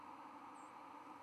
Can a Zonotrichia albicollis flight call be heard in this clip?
yes